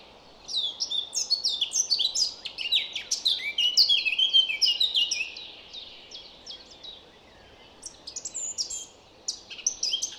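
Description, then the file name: Eurasian blackcap giving a rich, rapid warble of high sliding notes, a lull around seven seconds, then a short burst of song resumes. "Sylvia atricapilla"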